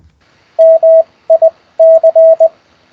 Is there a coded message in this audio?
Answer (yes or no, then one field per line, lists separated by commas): yes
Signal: Morse code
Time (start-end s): 0.6-2.5 s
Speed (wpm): 20 wpm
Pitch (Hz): 650 Hz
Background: radio noise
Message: MIC